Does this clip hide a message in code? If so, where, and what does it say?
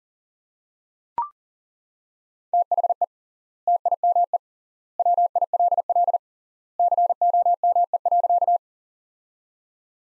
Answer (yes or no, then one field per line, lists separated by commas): yes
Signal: Morse code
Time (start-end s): 2.5-8.6 s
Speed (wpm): 40 wpm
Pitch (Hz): 700 Hz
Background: none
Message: THE TIME WILL COME.